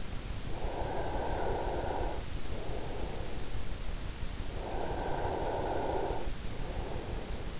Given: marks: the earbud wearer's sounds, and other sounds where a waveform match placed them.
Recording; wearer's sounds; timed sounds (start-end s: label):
sounds in sleep by an in-ear microphone; breath
0.60-7.60 s: breath